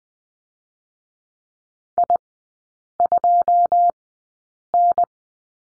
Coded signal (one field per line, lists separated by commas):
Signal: Morse code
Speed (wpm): 20 wpm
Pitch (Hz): 700 Hz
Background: none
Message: I2N